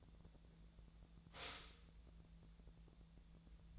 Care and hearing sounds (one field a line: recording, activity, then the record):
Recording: daily activity, microphone in the room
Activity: stop toaster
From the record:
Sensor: 3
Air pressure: 1000.2 hPa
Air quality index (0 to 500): 157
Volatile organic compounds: 3 ppm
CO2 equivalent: 1384 ppm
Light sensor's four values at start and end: 30/78/32/35 and 29/75/31/33